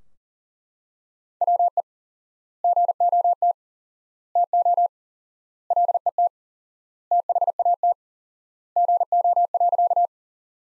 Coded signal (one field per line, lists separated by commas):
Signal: Morse code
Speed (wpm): 40 wpm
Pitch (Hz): 700 Hz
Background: none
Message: WE GOT TO LET THAT GO.